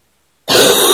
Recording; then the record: coughing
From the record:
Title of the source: 30 Chesty and wet cough